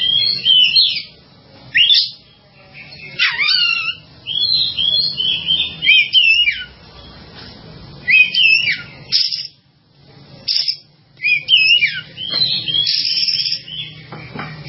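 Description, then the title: Java sparrow chattering song: clustered high chirps and downward-sliding notes in repeated bursts, some longer runs, with brief silences and a faint low hum. "kicau gelatik"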